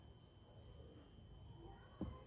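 A plastic curtain mounting clip for a Bolero car, with its two arms spread, is handled and pushed toward its slot in the car's window frame. Only low, steady handling rustle is heard, with a brief louder bump at about 2.0 s. Nothing has seated or clicked yet.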